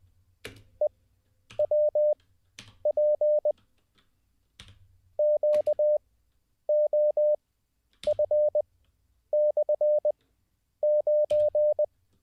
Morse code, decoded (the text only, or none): EWP QOF/9